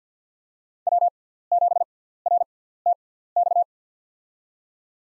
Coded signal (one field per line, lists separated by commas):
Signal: Morse code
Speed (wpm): 50 wpm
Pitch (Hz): 700 Hz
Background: none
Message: W7RTX